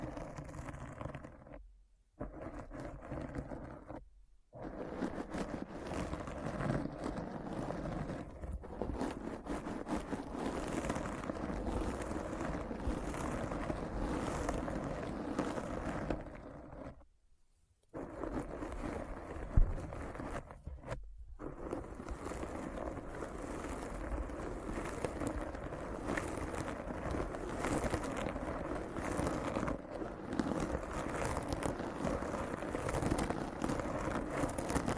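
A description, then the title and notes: A dense, scratchy drone of low rumble and gritty scraping runs almost continuously, fairly loud. It cuts to near silence at about 2, 4, 17 and 21 seconds, then resumes abruptly, with a sharp click near 20 seconds. ASMR Deep Brain Scratch (No Talking).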